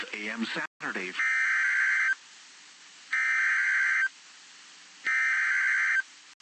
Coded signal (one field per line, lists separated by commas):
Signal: Emergency Alert System (SAME) tones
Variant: header bursts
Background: speech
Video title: Severe Thunderstorm Warning Nebraska Noaa Weather Radio Station KZZ 69 Beatrice 6/5/26